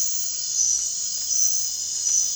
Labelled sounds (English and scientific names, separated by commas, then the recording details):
none
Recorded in dense forest near Puerto Asís, Putumayo, Colombia, on 25 June 2025 at 00:00
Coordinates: 0.468, -76.322
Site GP03